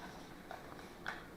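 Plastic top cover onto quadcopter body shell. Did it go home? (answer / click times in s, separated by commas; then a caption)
yes / 0.5 s, 1.1 s. A quadcopter's plastic top cover is pressed down around its edge onto the body shell of a QR X350 PRO. It gives two short plastic snaps at 0.5 s and 1.1 s, the second louder, over a faint steady background. The cover is seated, nice and snug.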